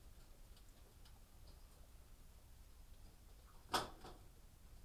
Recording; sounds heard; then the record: poultry house recording; no chicken sound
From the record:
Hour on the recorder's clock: 18